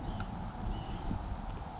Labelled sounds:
White-breasted Nuthatch
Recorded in Sonoma County, California

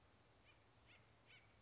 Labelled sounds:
Acorn Woodpecker
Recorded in Sonoma County, California

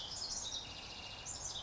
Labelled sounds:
House Wren
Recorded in Sonoma County, California

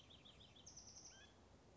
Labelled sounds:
Mountain Quail
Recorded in Sonoma County, California

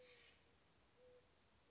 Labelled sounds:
Mourning Dove
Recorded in Sonoma County, California

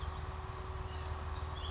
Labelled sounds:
Brown Creeper
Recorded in Sonoma County, California

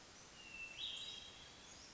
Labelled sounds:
Hermit Thrush
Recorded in Sonoma County, California

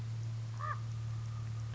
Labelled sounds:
Common Raven
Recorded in Sonoma County, California

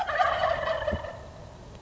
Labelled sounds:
Wild Turkey
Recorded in Sonoma County, California

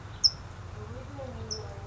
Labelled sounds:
California Towhee
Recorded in Sonoma County, California

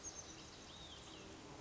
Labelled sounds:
Olive-sided Flycatcher
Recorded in Sonoma County, California

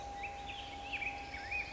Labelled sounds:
Black-headed Grosbeak
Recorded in Sonoma County, California

